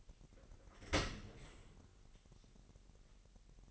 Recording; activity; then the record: daily activity, microphone in the room; open dishwasher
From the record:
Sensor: 4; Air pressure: 1001.5 hPa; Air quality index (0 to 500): 249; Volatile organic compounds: 42 ppm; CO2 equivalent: 3182 ppm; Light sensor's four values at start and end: 8/17/7/6 and 8/17/7/6